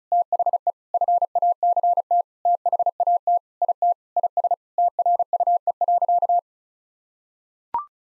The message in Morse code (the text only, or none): THE FACT THAT IT IS TRUE.